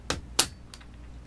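A small metal part of a Beeman Chief / QB78 air rifle trigger assembly is tapped into its trigger housing, with the safety pushed all the way up. A light tap at 0.1 s is followed by a louder, sharp final hit at 0.4 s and a faint tap after it. The part snaps into place and is seated at 0.4 s.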